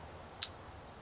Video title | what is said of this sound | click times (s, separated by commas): Red Jacket Firearms 1911 pocket knife | it kind of snaps back into place here so the lockup is really solid um | 0.4 s